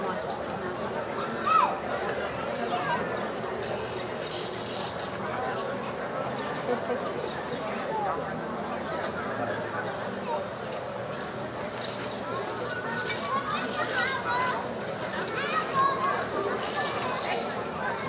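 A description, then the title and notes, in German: A summer evening at dusk in Berlin: a steady, dense murmur of many voices talking over one another for the whole stretch. Bright chirps and twitters flicker above the chatter, and a brief louder burst stands out near the start. Berliner Abendämmerung. Entführt dich an einem Freitagabend zur "Stralauer Bucht". Sommerabend in Berlin.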